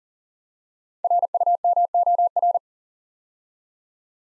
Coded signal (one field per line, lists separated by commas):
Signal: Morse code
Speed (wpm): 42 wpm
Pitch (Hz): 700 Hz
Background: none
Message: RUMOR